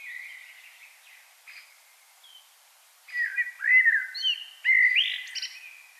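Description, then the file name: Common blackbird song: soft, quieter notes at first, then a louder fluting phrase with bright high squeaks and trills toward the end. "Turdus merula"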